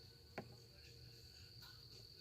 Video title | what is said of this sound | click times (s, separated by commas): Finishing up some work on the 96 Cadillac 4.6 northstar!! | and it pops right in | 0.4 s